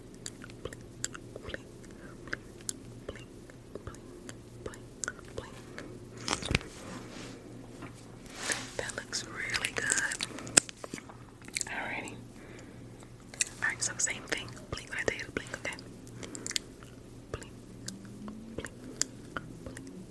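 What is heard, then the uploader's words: Wet mouth sounds fill the recording: quick clicks, smacks and soft crunchy bites scattered irregularly throughout, with a few louder pops around the middle. A steady low hum sits underneath, and faint murmured speech surfaces now and then. ASMR POV: Best Friend Does Your Makeup for the First Time. Mouth sounds.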